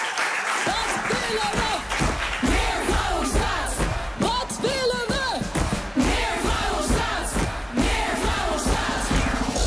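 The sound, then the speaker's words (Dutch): A crowd in Den Bosch applauds steadily for a band that has just played live, with dense, continuous clapping, while whoops and shouted cheers rise over it throughout, loud and sustained for the whole stretch. “Hartelijk applaus nog een keer”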